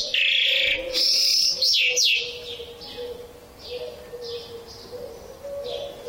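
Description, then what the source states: Bimaculated lark song: loud trilled phrases at first, then softer scattered high notes over a steady low hum and background noise. Russia.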